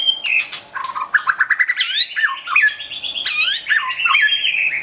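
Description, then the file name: White-rumped shama song, fast and varied, with clear whistles stepping up and down between sharp, rasping bursts and quick slurred notes. Wild bird from a forest near Medan, singing actively (gacor). "suara burung murai batu hutan medan gacor"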